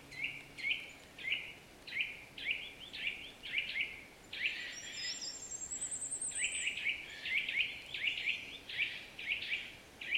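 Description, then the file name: Eurasian nuthatch repeating sharp, ringing notes at an irregular quick pace, a thin high bird song briefly overlapping midway. "Sitta europaea"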